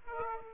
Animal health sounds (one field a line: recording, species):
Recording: mosquito wingbeat signal from an infrared sensor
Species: Aedes aegypti